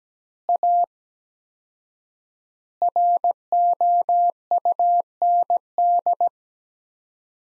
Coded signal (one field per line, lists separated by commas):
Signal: Morse code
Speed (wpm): 17 wpm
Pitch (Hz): 700 Hz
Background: none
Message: A ROUND